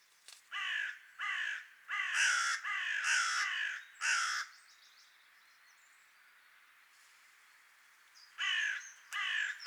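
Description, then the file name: Carrion crow cawing, a quick run of several harsh, hoarse caws, a pause of several seconds, then two more caws near the end. "Corvus corone"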